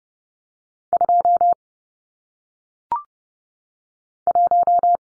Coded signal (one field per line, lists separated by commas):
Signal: Morse code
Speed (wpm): 30 wpm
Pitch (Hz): 700 Hz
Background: none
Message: 2 1